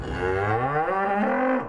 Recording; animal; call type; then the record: contact call of a hoofed animal; cattle; low-frequency (closed-mouth) or high-frequency (open-mouth) call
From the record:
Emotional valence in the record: negative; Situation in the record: full separation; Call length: 1.69 s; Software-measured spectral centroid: 1160 Hz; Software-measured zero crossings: 1450 a second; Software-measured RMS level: -24 dBFS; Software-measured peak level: -11 dBFS